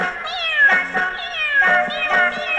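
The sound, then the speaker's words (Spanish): A cat meows twice in a row, each call a drawn-out, wavering, fairly high-pitched cry with strong harmonics, heard on its own with no talking. “Bueno, ese gato regula nada más, ¿eh?”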